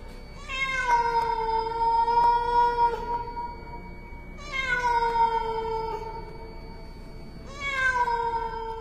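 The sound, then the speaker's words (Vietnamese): A cat lets out three long, drawn-out mournful meows, each a wavering high-pitched wail that slides downward, separated by brief pauses. No voices are present. “Thế nhưng bất chợt, con mèo bắt đầu cất lên tiếng kêu não nùng.”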